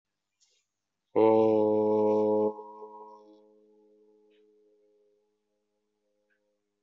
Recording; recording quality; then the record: sustained vowel as in boot; excellent, no background noise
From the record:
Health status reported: respiratory illness, not identified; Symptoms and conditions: none ticked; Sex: male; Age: 29 years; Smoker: not ticked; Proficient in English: yes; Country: India